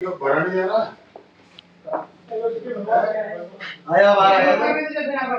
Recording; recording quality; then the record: sustained vowel as in beet; poor, much background noise or distortion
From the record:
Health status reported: healthy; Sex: male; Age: 52 years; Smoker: no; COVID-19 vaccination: both doses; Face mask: worn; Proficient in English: yes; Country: India